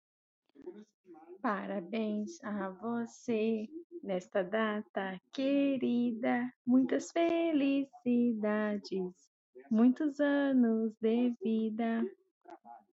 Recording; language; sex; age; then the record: short text; Brazilian Portuguese; female; 30 to 39 years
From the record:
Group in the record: control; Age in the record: 36 years